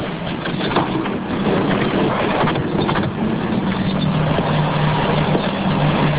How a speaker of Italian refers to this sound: Sulla vettura dell'avvocato salgono gli altri tre, li accompagna a casa, poi torna indietro, parcheggia la sua Alfetta blu davanti a casa e scende dalla macchina.